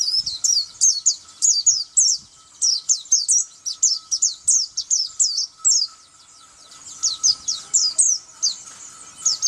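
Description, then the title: White-eye singing a lively twittering phrase of quick high slurred notes, a short silence, then more chirps, over a faint steady hum. "Pleci"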